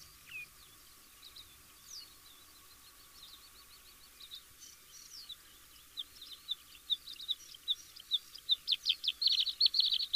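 Bluethroat song starting with soft, scattered high chirps and thin notes, then building into a loud, rapid series of metallic ringing phrases near the end.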